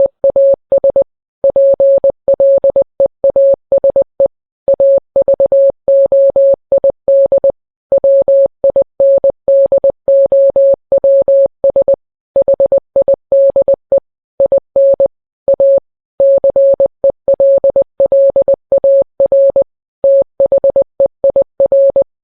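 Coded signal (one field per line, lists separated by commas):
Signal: Morse code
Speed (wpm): 20 wpm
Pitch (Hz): 550 Hz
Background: none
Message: EAS PLEASE AVOID WINDOWS HIDE IN A CELLAR THEIR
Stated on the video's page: Fictional, not-real EAS tornado warning sent in Morse code.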